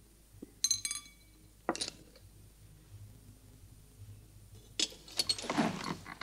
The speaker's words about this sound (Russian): Наталья Сергеевна выкладывает на тарелку таблетки из пузырька.